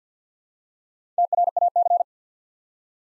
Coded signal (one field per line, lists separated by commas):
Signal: Morse code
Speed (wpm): 49 wpm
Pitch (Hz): 700 Hz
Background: none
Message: TRAC